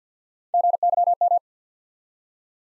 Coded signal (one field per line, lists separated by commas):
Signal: Morse code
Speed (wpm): 50 wpm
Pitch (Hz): 700 Hz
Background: none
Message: G Y M